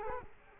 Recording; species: mosquito wingbeat signal from an infrared sensor; Culex quinquefasciatus